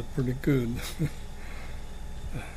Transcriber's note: chuckling